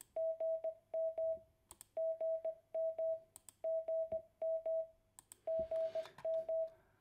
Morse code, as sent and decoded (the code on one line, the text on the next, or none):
--. -- / --. -- / --. -- / --. --
GM GM GM GM